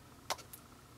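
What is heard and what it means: A plastic back cover with a soft-touch, rubbery texture is pried off a Motorola ATRIX 2 smartphone handset. A sharp snap is heard at 0.3 s, followed by a fainter click at 0.5 s, and the cover comes free from the phone body.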